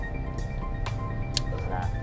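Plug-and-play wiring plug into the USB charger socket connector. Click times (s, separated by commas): 1.4 s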